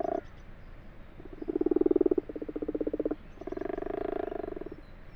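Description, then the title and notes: Common frogs overlapping in pulsed purring rattles, bursts of one to two seconds that follow closely on one another. Common frogs purring in full daylight, 21 February 2020 at 12:45, abandoned water-filled wash house in a field, Fourcinet, Drôme, France; Nagra LB, binaural. "Ca roucoule dans le lavoir. 21 février 2020-12h45-Fourcinet - Drôme. roucouler les Grenouilles rousses (Rana temporia)"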